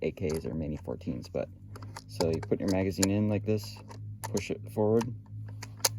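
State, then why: Seated. A detachable rotary magazine is inserted into the magazine well of a Ruger 10/22 .22 rifle and rocked forward then back while someone talks. A couple of faint taps come just before the loud, sharp click at 5.9 s, when the latch engages and the magazine locks into place.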